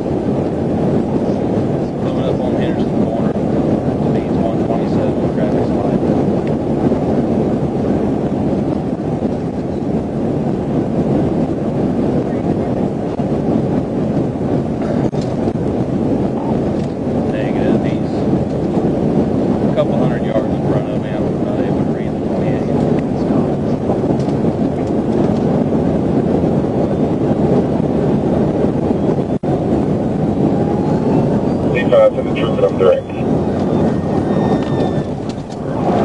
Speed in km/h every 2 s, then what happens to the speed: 206, 206, 206, 206, 206, 206, 206, 204, 204, 204, 204, 201, 196, 195, 192, 172, 153, 116.
0-27 steady at about 204. 27-36 brakes to 116.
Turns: none.